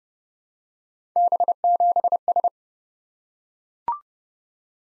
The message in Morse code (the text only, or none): B7S